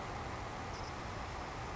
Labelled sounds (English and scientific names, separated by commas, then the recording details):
Savannah Sparrow (Passerculus sandwichensis)
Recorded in Sonoma County, California